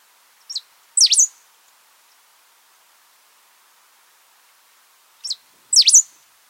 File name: pale throated pampa finch